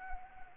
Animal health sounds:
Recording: mosquito wingbeat signal from an infrared sensor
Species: Anopheles arabiensis

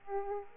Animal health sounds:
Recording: mosquito wingbeat signal from an infrared sensor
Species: Aedes aegypti

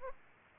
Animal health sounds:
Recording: mosquito wingbeat signal from an infrared sensor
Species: Aedes aegypti

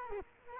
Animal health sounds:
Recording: mosquito wingbeat signal from an infrared sensor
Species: Culex quinquefasciatus

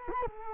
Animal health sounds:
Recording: mosquito wingbeat signal from an infrared sensor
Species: Culex quinquefasciatus

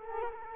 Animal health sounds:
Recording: mosquito wingbeat signal from an infrared sensor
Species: Culex quinquefasciatus

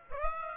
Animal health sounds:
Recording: mosquito wingbeat signal from an infrared sensor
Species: Aedes aegypti

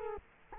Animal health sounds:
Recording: mosquito wingbeat signal from an infrared sensor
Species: Culex quinquefasciatus

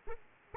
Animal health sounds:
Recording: mosquito wingbeat signal from an infrared sensor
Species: Aedes aegypti

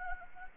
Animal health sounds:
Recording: mosquito wingbeat signal from an infrared sensor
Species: Anopheles gambiae

